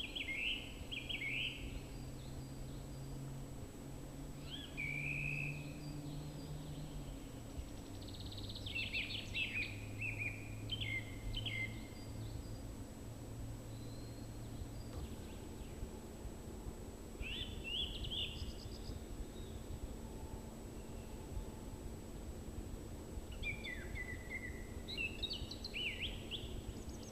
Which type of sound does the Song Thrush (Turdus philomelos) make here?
song